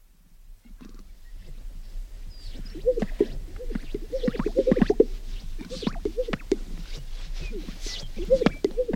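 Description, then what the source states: Sage grouse: after a quiet start, popping and bubbling gulps build up from several overlapping birds, with faint high whistles. A group of sage grouse.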